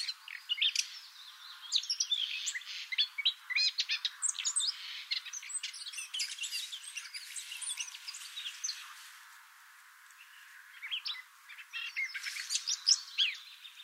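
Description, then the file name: Eurasian blackcap warbling steadily, a dense, rapid jumble of high chattering and twittering notes, with a short pause near the tenth second before it resumes. "Sylvia atricapilla"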